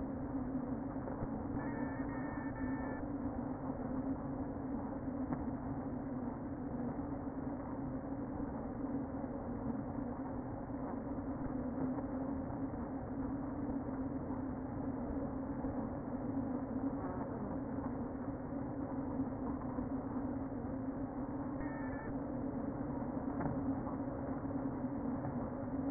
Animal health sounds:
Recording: honeybee colony, microphone inside the hive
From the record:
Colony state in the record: queen present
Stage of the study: before two queens were removed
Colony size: about 60,000 bees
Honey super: yes

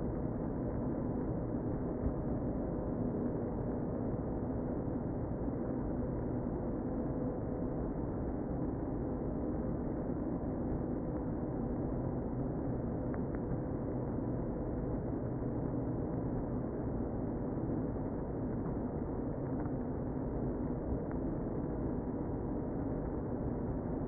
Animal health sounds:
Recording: honeybee colony, microphone inside the hive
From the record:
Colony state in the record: queen present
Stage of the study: before two queens were removed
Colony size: about 60,000 bees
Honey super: yes

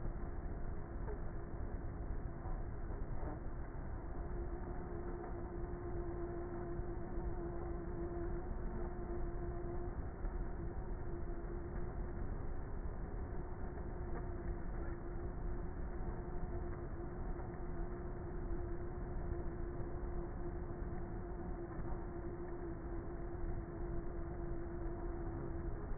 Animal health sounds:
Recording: honeybee colony, microphone inside the hive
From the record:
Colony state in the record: queenless with a low population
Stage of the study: before two queens were removed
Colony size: about 30,000 bees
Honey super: no

